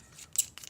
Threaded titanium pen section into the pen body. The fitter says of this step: are no issues putting this back in the threads lock into place and it's